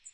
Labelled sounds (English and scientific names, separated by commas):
Magnolia Warbler (Setophaga magnolia) flight call